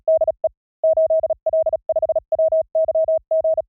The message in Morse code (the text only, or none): DE 8L5WYG